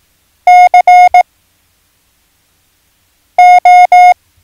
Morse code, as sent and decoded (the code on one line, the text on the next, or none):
-.-. ---
CO